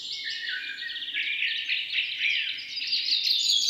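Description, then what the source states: Birds singing together in a busy chorus of high, rapid chirps and twittering trills, continuous throughout. Recorded in the morning.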